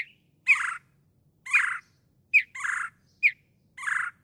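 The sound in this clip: Northern mockingbird song of harsh, scratchy notes, some preceded by a short sharp note, repeated roughly every second.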